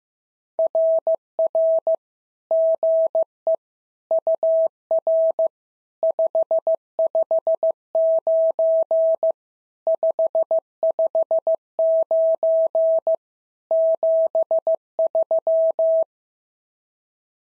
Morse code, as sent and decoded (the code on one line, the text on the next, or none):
.-. .-. / --. . / ..- .-. / ..... ..... ----. / ..... ..... ----. / --... ...--
RR GE UR 559 559 73